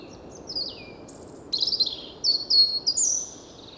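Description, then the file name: European robin song, a falling thin whistle followed by a high held note and a string of sparkling trilled notes rising and falling. "Erithacus rubecula"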